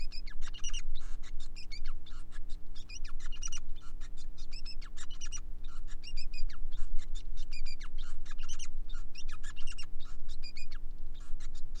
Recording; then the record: song of a male Bengalese finch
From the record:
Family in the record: son of father 5